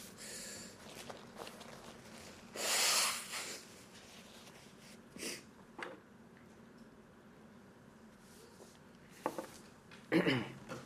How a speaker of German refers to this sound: Müssen wir eben die Nase putzen.